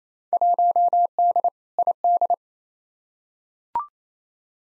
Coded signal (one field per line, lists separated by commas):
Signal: Morse code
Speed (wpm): 28 wpm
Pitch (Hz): 700 Hz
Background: none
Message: 1D ID